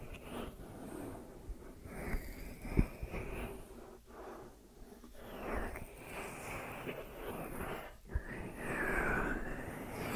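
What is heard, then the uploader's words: Deep ear massage sounds: soft, steady rubbing and muffled pressing fill the low range, with rustling swells that rise and fade every second or so. A few sharp taps land near three and eight seconds, and a brief squeak sounds near nine. ASMR Deep Ear Massage for Sleep(No Talking).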